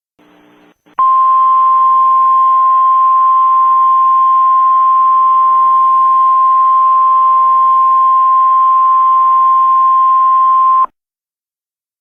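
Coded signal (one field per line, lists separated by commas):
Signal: Emergency Alert System (SAME) tones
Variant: 1050 Hz attention tone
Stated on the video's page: San Diego 911 telephone outage emergency alert aired on a TV station with a news ticker, interrupting a football game.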